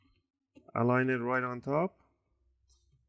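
Someone talks while the plastic bottom cover of an HP Pavilion Gaming 15 dk laptop is aligned on top of the chassis during a RAM upgrade, before being pressed along the edges so its tiny plastic clips engage. Only the voice and a few faint handling sounds follow. Nothing has seated or clicked yet.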